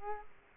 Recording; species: mosquito wingbeat signal from an infrared sensor; Culex quinquefasciatus